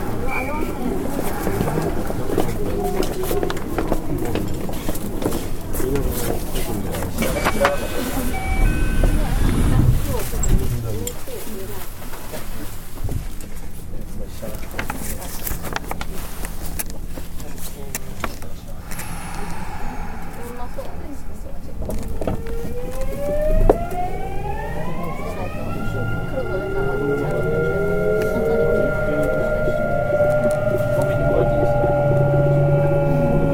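Recorded aboard a local electric commuter train: dense low rumble and rail clatter fill the first half, easing to a quieter spell near twenty seconds. From about twenty-two seconds the motors pull away with a clear whine climbing steadily in pitch as the train accelerates.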